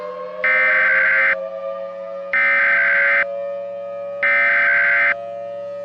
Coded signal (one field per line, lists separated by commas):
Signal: Emergency Alert System (SAME) tones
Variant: header bursts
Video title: *VALID TONES* Colorado Springs Nightmare (EAS Mini-Scenario)